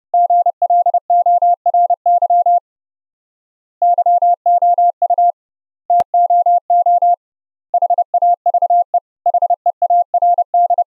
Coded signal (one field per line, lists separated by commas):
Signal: Morse code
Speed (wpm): 30 wpm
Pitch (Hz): 700 Hz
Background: none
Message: GLORY YOU TOO HAVE HEARD